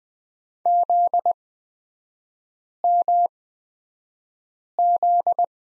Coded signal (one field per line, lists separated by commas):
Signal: Morse code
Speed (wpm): 20 wpm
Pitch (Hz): 700 Hz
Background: none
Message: ZMZ